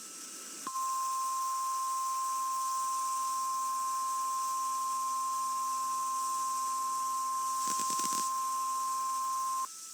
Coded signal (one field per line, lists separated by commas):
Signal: Emergency Alert System (SAME) tones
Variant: 1050 Hz attention tone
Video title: April Tests Overnight Madness (EAS #17303-17365) 4/3/24